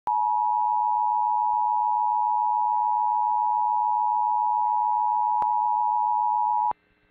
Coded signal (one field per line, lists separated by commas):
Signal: Emergency Alert System (SAME) tones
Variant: 853 and 960 Hz attention tone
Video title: Flood Warning (5/7/22)(EAS 1164)